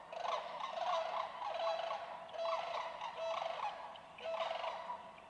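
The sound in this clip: Sandhill crane rolling, rattling calls, a series of about five rough, trilled bursts close together, with a steady background hiss.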